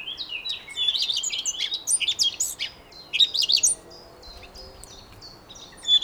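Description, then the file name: Eurasian blackcap song: a scratchy chattering warble followed by a few quieter, clear whistled notes, with short gaps between phrases. "Sylvia atricapilla"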